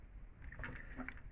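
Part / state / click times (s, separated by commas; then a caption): toy figure limb parts into their joints / not seated / none. Parts of a plastic toy robot figure are handled while being swung out to the side toward their joints during transformation. Short handling rubs and light taps are heard, the sharpest near 0.6 s and 1.1 s. Nothing has clicked or seated into place yet.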